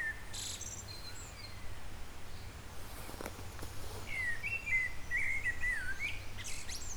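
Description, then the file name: Eurasian blackbird singing a mellow, wavering fluted phrase in the second half, amid brief high chirps from other birds over a constant low background hum. "Turdus merula"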